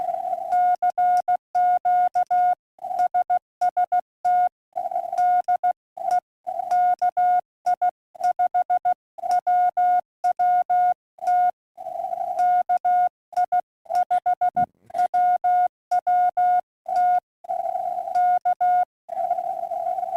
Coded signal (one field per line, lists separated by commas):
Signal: Morse code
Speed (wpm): 16 wpm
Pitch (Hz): 1440 Hz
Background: none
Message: CQ SST DE KI5WWT KI5WWT K